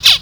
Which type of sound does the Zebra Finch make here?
distance call